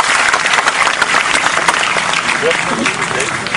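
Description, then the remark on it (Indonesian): A crowd applauds steadily, a dense, even wash of many hands clapping at once that holds at a constant loudness throughout, with a faint voice surfacing briefly near the end. “Teman-teman sekalian, tepuk tangan untuk Mas Chandra.”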